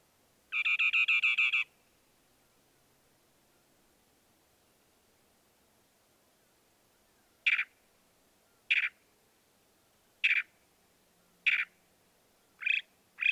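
Northern mockingbird song: a fast buzzy trill, a long pause, then several sharp single notes at short intervals.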